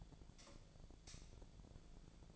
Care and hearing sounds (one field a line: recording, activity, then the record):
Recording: daily activity, microphone in the room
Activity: light off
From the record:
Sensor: 5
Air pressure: 1009.8 hPa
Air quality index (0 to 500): 158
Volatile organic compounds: 4 ppm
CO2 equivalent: 1542 ppm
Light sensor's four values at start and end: 156/399/166/177 and 156/397/165/176